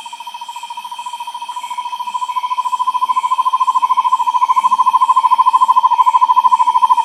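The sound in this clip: Bird giving a long, steady, mellow trill of rapid pulsed notes on one pitch, growing louder as it goes, with a faint steady high hiss behind.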